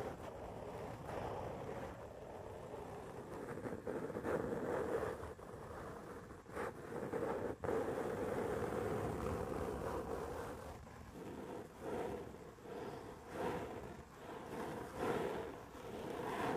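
A head and back scratcher rubs across the mic in a dense, continuous low rumbling scrape, with sharp bumps and scratches every second or two.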